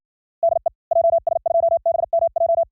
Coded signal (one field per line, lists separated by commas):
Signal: Morse code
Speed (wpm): 56 wpm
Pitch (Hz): 640 Hz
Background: none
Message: DE JS2BMJ